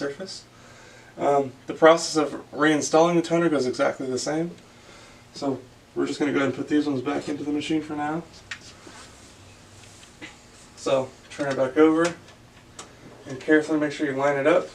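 Someone talks while a toner cartridge for an HP CM6040 laser printer is picked up, handled, turned over and lined up for reinstallation into its slot. A brief, sharp handling sound comes at about 12.8 s, but the cartridge has not clicked or seated yet.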